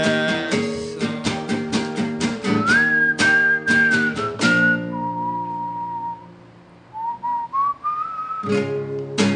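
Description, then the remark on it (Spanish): A whistled melody rides over a band playing choppy, rhythmic chords, holding long notes and sliding up between pitches. The backing thins out midway, leaving a lone sustained tone, then the whistling climbs again. “Me quedé pensando, porque la parte del silbido va con saxo, eso, ¿no?”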